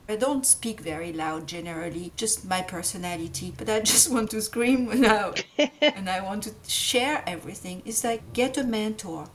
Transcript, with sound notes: I don’t speak very loud generally, just my personality, but I just want to scream now,, (laughs) and I want to share everything. It’s like, get a mentor.